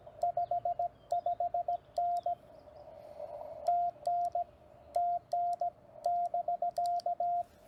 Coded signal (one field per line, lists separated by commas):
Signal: Morse code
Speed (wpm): 17 wpm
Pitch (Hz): 700 Hz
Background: radio noise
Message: 55N TN TN <BK>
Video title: CW mistakes are OK! Get on the Air